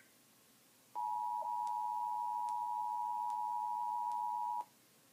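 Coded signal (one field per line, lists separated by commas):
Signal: Emergency Alert System (SAME) tones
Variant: 853 and 960 Hz attention tone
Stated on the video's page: Maine Required Monthly Test originated by MEMA and relayed to all Maine radio and TV stations, heard on WAGM.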